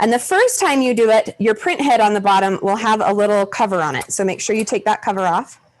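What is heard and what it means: A replacement ink cartridge with a purple top is handled while it is lined up between two purple arrows for a handheld label printer, whose print head has a little cover on the bottom to take off the first time. Someone talks throughout, and the cartridge has not yet seated or clicked into place by the end of the clip.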